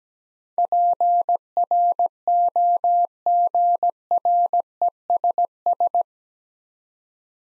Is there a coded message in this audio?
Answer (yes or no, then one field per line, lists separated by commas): yes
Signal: Morse code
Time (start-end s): 0.6-6.0 s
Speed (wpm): 17 wpm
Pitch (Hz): 700 Hz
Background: none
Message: PROGRESS